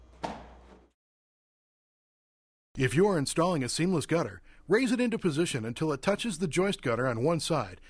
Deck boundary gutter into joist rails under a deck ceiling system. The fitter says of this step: until the boundary gutter snaps into place